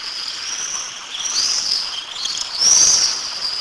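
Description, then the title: Common swift screams, thin and piercing, several overlapping high trills swelling and fading, the loudest burst near the end. "rondoni"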